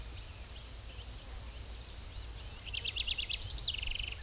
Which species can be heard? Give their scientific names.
unidentified bird, Troglodytes aedon